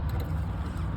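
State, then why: Not seated. A battery terminal clamp assembly with its release tab is handled over the 12V battery terminal of an Alfa Romeo Tonale / Dodge Hornet, just before being pressed down to snap on. Only a steady low rumble and faint higher tones are heard, with no sudden sounds. Nothing has seated or clicked yet.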